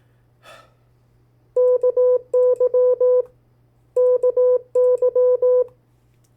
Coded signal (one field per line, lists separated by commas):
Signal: Morse code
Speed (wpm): 18 wpm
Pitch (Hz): 500 Hz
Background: none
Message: KY KY